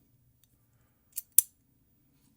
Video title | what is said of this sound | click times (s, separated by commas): Watch This Before Buying Your Next Gillette Razor! | See how it just snaps right in place? | 1.4 s